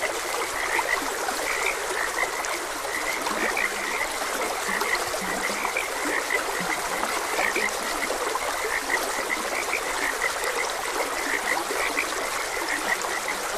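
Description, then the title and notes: Chorus of frogs giving quick, repeated raspy croaks, overlapping continuously above a steady wash of running stream water. Frogs croaking beside a gentle stream. "Gentle Stream and Frogs Croaking. Sleep and Relaxation Podcast"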